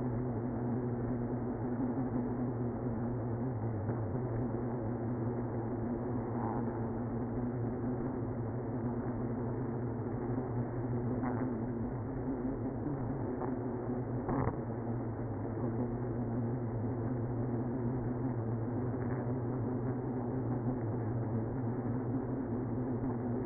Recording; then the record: honeybee colony, microphone inside the hive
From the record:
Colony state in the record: queenless (queen removed); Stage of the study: after two queens were removed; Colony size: about 60,000 bees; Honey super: yes